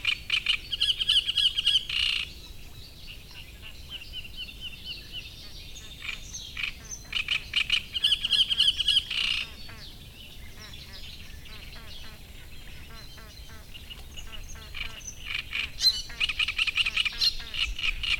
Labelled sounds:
Great Reed Warbler (Acrocephalus arundinaceus)

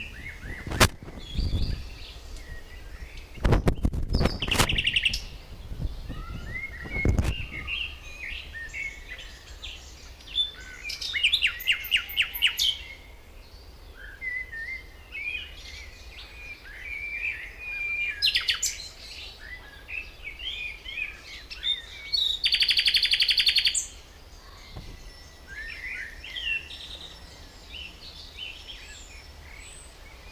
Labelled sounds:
Common Nightingale (Luscinia megarhynchos) song

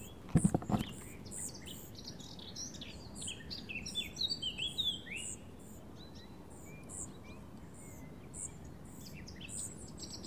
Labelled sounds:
Spotted Flycatcher (Muscicapa striata) call

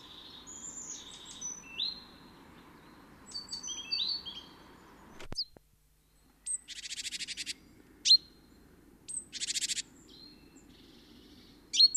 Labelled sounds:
Great Tit (Parus major) call

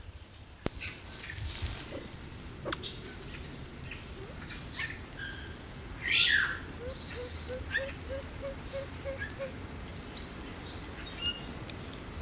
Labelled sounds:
Siamese Fireback (Lophura diardi) call

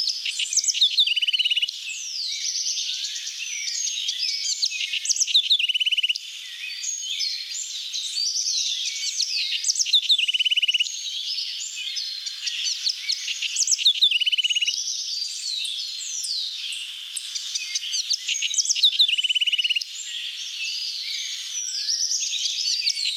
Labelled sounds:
House Wren (Troglodytes aedon) song

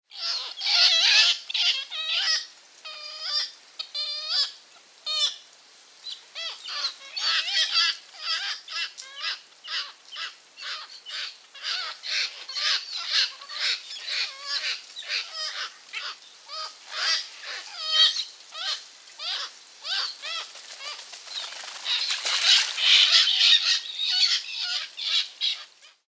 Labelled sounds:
Black-legged Kittiwake (Rissa tridactyla)

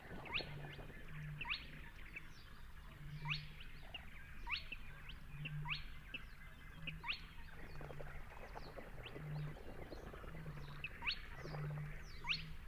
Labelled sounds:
Spotted Crake (Porzana porzana) song

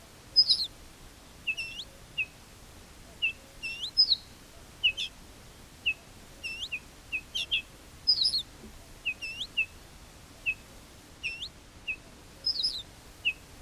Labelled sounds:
Ortolan Bunting (Emberiza hortulana) alarm call

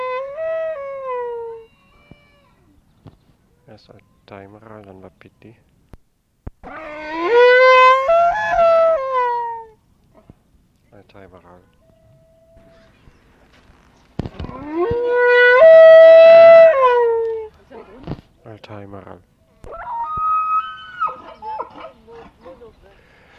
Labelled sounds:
Wapiti (Cervus canadensis)

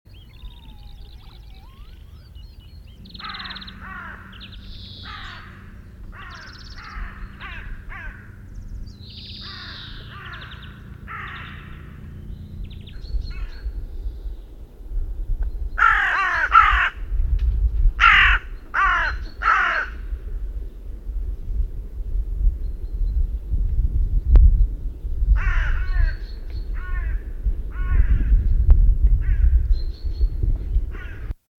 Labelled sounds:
Hooded Crow (Corvus cornix) call

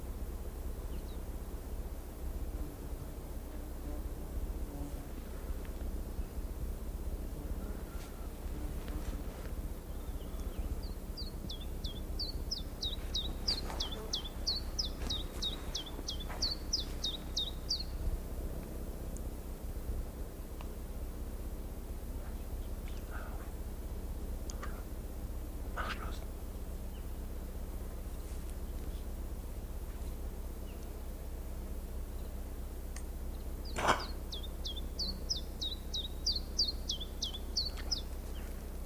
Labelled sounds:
Common Chiffchaff (Phylloscopus collybita) song

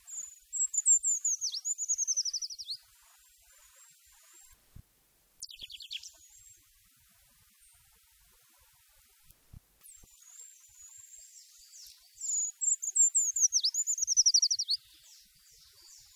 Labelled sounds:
Eurasian Treecreeper (Certhia familiaris) song

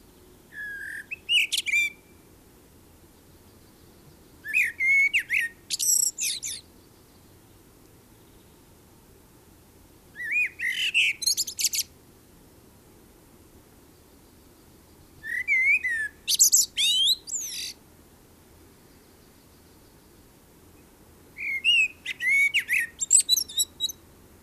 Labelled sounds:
Common Blackbird (Turdus merula) song

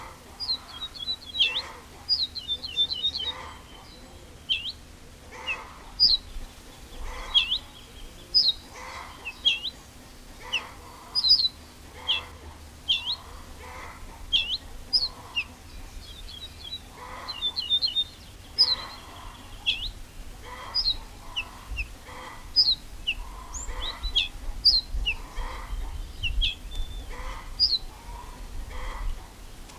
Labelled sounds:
Ortolan Bunting (Emberiza hortulana)

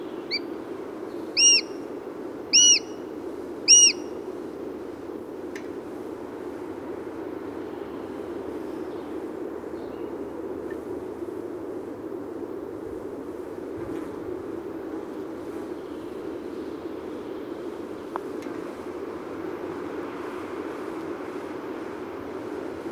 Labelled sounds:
Eurasian Sparrowhawk (Accipiter nisus) call

